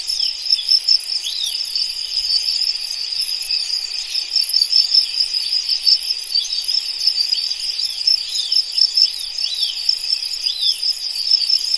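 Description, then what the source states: Crickets chirping in a dense, continuous high chorus, with rapid pulsed trills layered over one another and no pause throughout. Several crickets.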